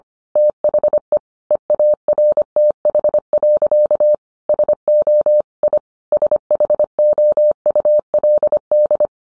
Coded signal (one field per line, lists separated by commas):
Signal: Morse code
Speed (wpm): 25 wpm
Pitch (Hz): 600 Hz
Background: none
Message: THE EARTH. SO I SHOULD